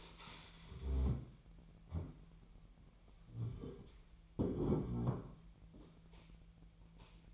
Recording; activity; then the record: daily activity, microphone in the room; stand up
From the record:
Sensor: 1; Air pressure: 1001.6 hPa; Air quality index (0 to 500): 247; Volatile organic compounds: 119 ppm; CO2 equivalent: 3867 ppm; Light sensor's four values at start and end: 14/34/14/16 and 14/33/14/16